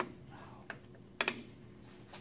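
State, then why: Seated. On a 1964 pickup's drum brake, two metal parts (shoe or spring hardware) sit in position on the backing plate but are not yet seated, and they are worked into place. After a faint tick at 0.7 s, a sharp metallic snap at 1.2 s, with a quick follow-up hit at 1.3 s, marks the part seating into place.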